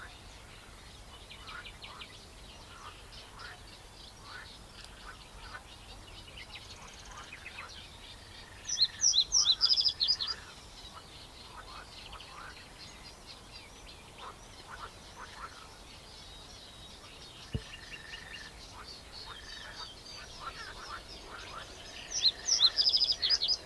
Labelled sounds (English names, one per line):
Reed Bunting